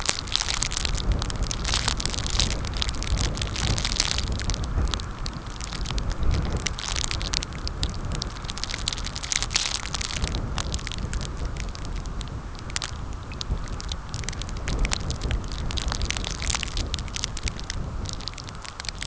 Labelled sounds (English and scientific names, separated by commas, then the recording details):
none
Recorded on Arctic tundra, site CORI-1, on 15 June 2018
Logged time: 10:00